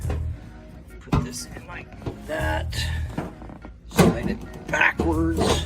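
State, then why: Not seated. While test-fitting a replacement passenger rear seat pan, a rear seat piece is put in and slid backwards toward its mount on the floor pan as someone talks, with a few short knocks and scrapes of handling. The clip ends before the piece goes home; nothing has seated or clicked into place yet.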